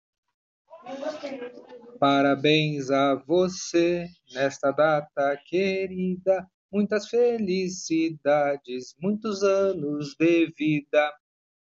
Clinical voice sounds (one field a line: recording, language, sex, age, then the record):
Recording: short text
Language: Brazilian Portuguese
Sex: male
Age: 40 to 49 years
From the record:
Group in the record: control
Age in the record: 48 years